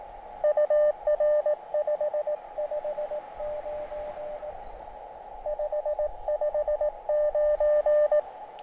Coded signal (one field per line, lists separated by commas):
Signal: Morse code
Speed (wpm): 18 wpm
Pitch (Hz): 600 Hz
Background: radio noise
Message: UR 559 559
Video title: QRPGuys Tri-Band Vertical Antenna & SWR Indicator.